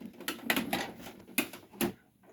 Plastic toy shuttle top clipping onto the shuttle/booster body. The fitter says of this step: and then the top clicks right in place.